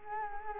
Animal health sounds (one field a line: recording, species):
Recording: mosquito wingbeat signal from an infrared sensor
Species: Culex quinquefasciatus